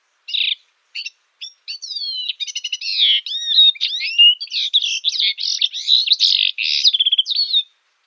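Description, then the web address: Syrian serin song, opening with separate short notes that run into a long, hurried, high-pitched jingle of trills, slurred whistles and buzzy twitters, with nothing else audible. "Schulze Peter Syrian Serin song"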